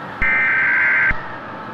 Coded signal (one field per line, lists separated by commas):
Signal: Emergency Alert System (SAME) tones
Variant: header bursts